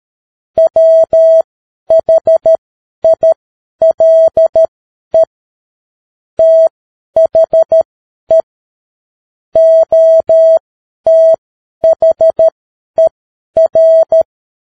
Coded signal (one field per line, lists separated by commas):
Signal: Morse code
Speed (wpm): 13 wpm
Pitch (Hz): 650 Hz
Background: none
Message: WHILE THE OTHER